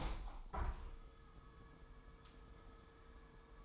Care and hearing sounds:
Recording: daily activity, microphone in the room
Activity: open window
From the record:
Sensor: 1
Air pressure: 999.8 hPa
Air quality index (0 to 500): 235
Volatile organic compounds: 104 ppm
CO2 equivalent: 3778 ppm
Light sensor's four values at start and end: 10/25/10/11 and 11/28/11/12

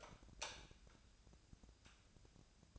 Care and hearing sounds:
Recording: daily activity, microphone in the room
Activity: light off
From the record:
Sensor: 2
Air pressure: 999.9 hPa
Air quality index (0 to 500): 119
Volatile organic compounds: 2 ppm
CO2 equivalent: 1026 ppm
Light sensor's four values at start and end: 32/81/35/39 and 29/72/31/34

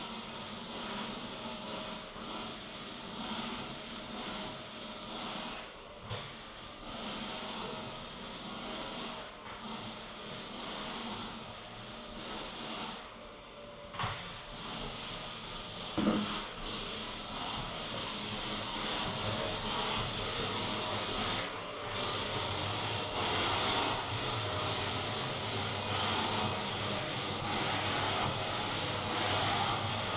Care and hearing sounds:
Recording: daily activity, microphone in the room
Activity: vacuum cleaning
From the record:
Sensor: 4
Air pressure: 1002.9 hPa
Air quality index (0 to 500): 242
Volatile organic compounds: 18 ppm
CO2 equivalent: 2631 ppm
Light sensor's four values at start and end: 5/11/4/5 and 4/11/4/4

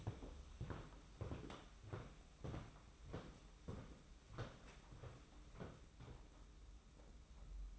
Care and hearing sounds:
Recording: daily activity, microphone in the room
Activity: walk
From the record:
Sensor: 1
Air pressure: 991.6 hPa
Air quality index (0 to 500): 168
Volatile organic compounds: 1000 ppm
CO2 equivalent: 6307 ppm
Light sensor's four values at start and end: 28/97/37/38 and 31/102/40/40

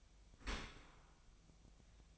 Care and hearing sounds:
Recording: daily activity, microphone in the room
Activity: open dishwasher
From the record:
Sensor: 1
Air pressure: 1004.7 hPa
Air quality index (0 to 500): 118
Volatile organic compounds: 4 ppm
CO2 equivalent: 1639 ppm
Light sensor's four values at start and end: 9/21/8/9 and 9/21/8/9

